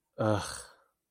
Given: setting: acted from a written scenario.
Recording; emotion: vocal sound without words; embarrassment